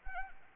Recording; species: mosquito wingbeat signal from an infrared sensor; Anopheles arabiensis